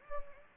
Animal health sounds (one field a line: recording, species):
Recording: mosquito wingbeat signal from an infrared sensor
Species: Anopheles gambiae